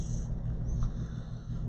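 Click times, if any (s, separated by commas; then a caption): none. During reassembly after a battery replacement on a MacBook Air A2179, an internal part, probably the battery connector, is lined up straight and pressed toward the logic board. A low, steady rumble fills the clip, with a brief faint sound near 0.8 s. Nothing has seated or clicked yet.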